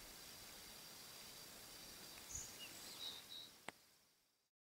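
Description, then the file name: White monjita singing: a few brief, high, thin whistled notes in quick succession, then a sharp click, over steady outdoor hiss before the sound fades out. "O canto da Noivinha branca"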